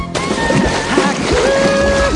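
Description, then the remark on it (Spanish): A sudden burst of splashing as Simba, Timon and Pumbaa plunge into a river, followed by steady sloshing and churning, with music and a melodic singing line running underneath. “Se lanzan al río.”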